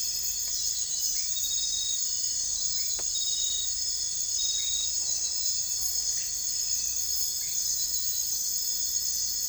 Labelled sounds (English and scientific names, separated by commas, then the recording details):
none
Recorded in dense forest near Puerto Asís, Putumayo, Colombia, on 21 December 2024 at 01:00
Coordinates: 0.484, -76.317
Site G026